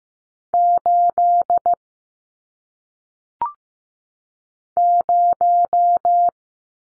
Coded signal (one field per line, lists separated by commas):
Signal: Morse code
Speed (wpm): 15 wpm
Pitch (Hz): 700 Hz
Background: none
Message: 8 0